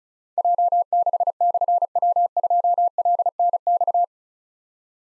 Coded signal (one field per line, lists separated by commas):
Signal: Morse code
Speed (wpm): 36 wpm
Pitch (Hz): 700 Hz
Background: none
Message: J6/W2LNX